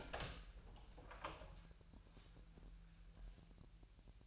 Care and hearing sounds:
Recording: daily activity, microphone in the room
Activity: open door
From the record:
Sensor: 2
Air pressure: 1001.1 hPa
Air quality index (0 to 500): 249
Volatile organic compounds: 89 ppm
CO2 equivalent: 3677 ppm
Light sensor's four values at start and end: 10/24/10/10 and 10/25/10/10

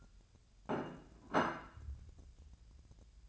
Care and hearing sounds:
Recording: daily activity, microphone in the room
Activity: place plate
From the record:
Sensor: 2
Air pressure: 1000.0 hPa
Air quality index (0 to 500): 133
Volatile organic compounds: 2 ppm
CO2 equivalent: 1132 ppm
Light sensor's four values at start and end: 26/65/28/30 and 26/65/28/31

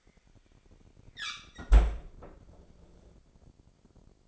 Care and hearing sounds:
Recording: daily activity, microphone in the room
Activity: close fridge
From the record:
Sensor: 5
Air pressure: 995.3 hPa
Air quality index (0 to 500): 92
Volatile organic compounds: 5 ppm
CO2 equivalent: 1741 ppm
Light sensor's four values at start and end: 38/90/36/37 and 36/86/34/35

